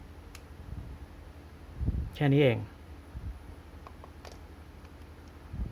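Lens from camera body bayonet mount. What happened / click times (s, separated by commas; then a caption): The lens mount unlocked for removal / 0.4 s. A lens is released from the bayonet mount of a Nikon EM camera body: the lens release button is held down and the lens is given a short twist down to unlock it for removal. A sharp click is heard at 0.4 s, followed by someone talking and a few faint ticks as the lens turns free.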